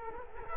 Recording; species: mosquito wingbeat signal from an infrared sensor; Culex quinquefasciatus